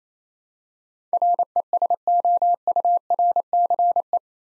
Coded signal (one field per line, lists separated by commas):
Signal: Morse code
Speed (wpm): 29 wpm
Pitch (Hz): 700 Hz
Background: none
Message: RESOURCE